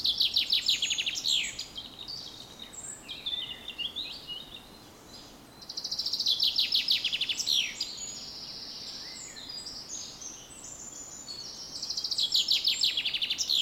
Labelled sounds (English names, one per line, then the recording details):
Common Chaffinch
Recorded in the wild
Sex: male
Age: adult
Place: Mühlenbeck, Brandenburg, DE
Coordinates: 52.667, 13.37
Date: 1992-06-08 10:39
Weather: sonnig (heiter) 21-22°C, böiger Wind
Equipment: Nagra SN, Mikrofon AKG CK 8, Kopie Tesla B 116
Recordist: Tembrock, Günter